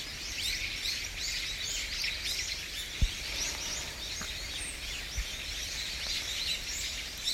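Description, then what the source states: Birds twitter in a dense chorus of overlapping high chirps over a constant background hiss, broken by occasional soft thumps. Birds in Usuki, Japan.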